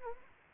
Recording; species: mosquito wingbeat signal from an infrared sensor; Anopheles arabiensis